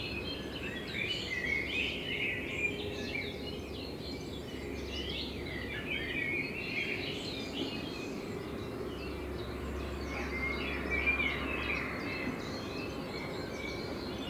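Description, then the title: Common blackbird song, varied whistled phrases in bursts over a constant low hum. Blackbird in front of the recordist's window; binaural recording made with a self-built dummy head, intended for headphone listening. "Kunstkopfaufnahme der Amsel vor meinem Fenster"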